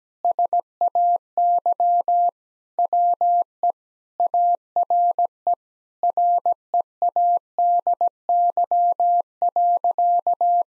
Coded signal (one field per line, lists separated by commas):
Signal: Morse code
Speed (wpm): 17 wpm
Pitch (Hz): 700 Hz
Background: none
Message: SAY WE ARE READY.